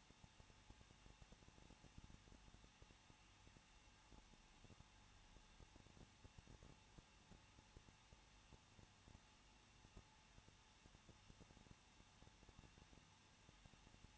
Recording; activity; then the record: daily activity, microphone in the room; no activity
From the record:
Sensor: 1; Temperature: 20.1 degrees Celsius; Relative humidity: 39.2%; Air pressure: 1006.3 hPa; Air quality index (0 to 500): 217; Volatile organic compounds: 77 ppm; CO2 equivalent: 3579 ppm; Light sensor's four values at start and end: 1/2/1/1 and 1/2/1/1